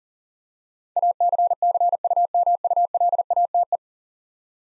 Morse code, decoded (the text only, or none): ACCUMULATE